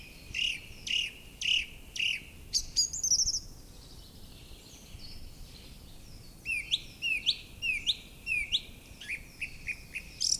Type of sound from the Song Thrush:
song